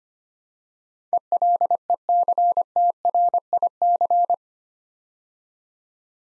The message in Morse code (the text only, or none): ELECTRIC